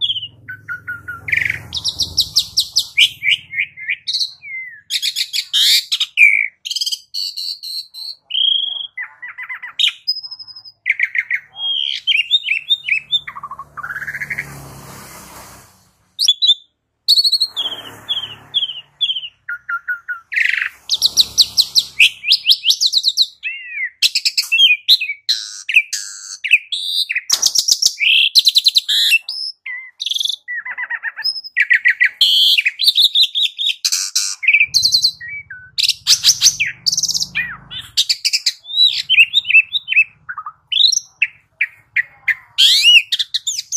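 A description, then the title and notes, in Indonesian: A pied myna sings almost without pause, a busy run of bright whistles, sharp chirps and sliding squeaky notes. The calls come fast and varied, with a brief rough burst near fifteen seconds and a low rumble underneath at times. Jalak Suren Bakal Nyaut. Suara burung.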